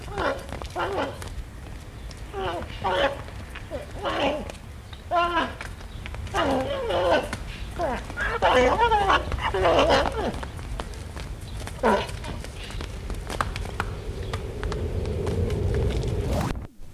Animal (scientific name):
Equus hemionus